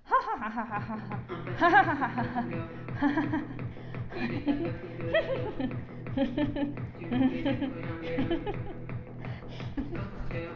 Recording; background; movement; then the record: laughter; music; sitting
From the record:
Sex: female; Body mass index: 22.6 kg/m2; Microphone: on the chest, facing outward